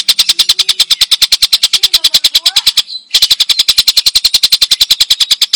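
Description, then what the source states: Stork-billed kingfisher uttering loud, grating notes in a steady rapid series, pausing once briefly before resuming at the same pace. Clear recording.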